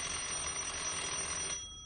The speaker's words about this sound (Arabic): شوفي الأول مين اللي بيضرب الجرس. لازم بابا.